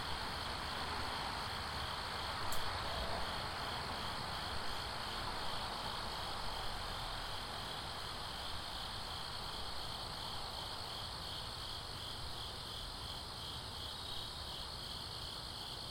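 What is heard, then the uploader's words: Insects in a backyard beside a fairly busy main road keep up a steady, high, pulsing trill throughout. Underneath, a constant low rush of traffic fills the background, with a brief sharp click at about two and a half seconds. 506 S. Woodbury Road Backyard, Pitman NJ. Backyard recording in Pitman NJ. Near a fairly busy main road.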